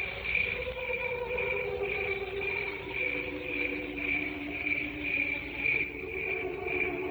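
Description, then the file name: Cricket singing in clear, regular high chirps, with softer mid-pitched humming tones underneath. "canto grilli"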